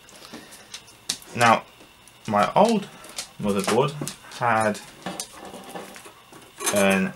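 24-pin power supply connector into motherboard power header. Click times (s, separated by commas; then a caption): 1.1 s. A keyed plastic 24-pin power supply connector is slid onto the motherboard's power header and clicks into place with a sharp hit at 1.1 s, seating it. Someone talks throughout, with a few other light knocks.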